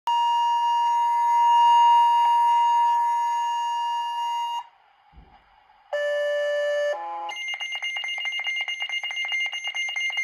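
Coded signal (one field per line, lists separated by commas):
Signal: pager alert tone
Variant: Motorola Minitor I pager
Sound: a long steady tone, a short gap, falling tones, then fast repeated high beeping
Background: small room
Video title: 1970s Motorola Minitor 1 pager test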